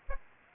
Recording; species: mosquito wingbeat signal from an infrared sensor; Aedes aegypti